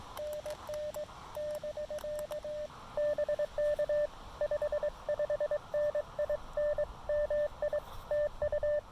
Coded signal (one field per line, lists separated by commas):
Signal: Morse code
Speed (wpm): 20 wpm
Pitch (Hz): 590 Hz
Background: radio noise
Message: NN <BK> BK 55N IN MI TU